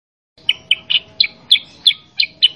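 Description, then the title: Sooty-headed bulbul song: eight clear chirping notes, some doubled or slurred, spaced evenly over about two seconds, with a faint steady hum underneath. Sooty-headed bulbul song, loud and lively (gacor), used as a master recording to train caged birds to answer and copy. "Masteran Kutilang Sutra. Kutilang Sutra mana YANG GAK NYAUT dan IKUT BUNYI GACOR dengan suara Kutilang Sutra Super GACOR Ini"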